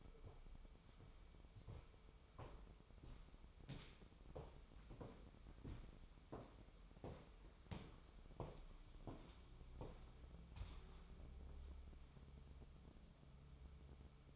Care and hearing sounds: daily activity, microphone in the room; walk to room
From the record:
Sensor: 1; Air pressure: 988.2 hPa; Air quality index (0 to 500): 159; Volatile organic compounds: 191 ppm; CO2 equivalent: 4182 ppm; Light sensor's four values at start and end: 30/107/41/43 and 30/107/41/43

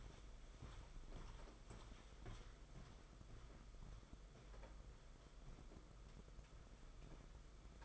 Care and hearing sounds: daily activity, microphone in the room; walk to room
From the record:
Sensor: 5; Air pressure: 991.3 hPa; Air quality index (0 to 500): 93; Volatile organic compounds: 12 ppm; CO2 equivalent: 2371 ppm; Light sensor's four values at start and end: 33/107/40/43 and 35/117/44/47

